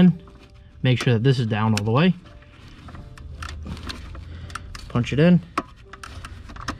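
A wiring harness plug is pushed into the engine computer (DME) socket of a 2001 BMW while someone talks. Several short clicks and knocks follow, and the connector seats with a click at 6.7 s.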